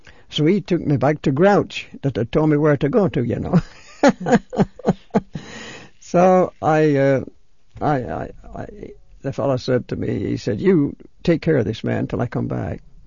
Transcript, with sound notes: So he took me back to grouch that had told me where to go to, you know. ( he laughs ) So I, the fellow said to me, he said, "You, take care of this man till I come back."